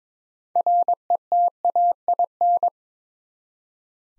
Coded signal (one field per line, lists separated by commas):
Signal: Morse code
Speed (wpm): 22 wpm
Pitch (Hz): 700 Hz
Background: none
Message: RETAIN